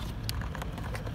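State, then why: Not seated. A wiring harness connector is handled at a new mass air flow sensor on a Cruze/Malibu/Impala, with a series of short plastic ticks and taps, the sharpest near 0.3 s, over a steady low background hum. Nothing has seated or clicked yet; the connector is not yet home.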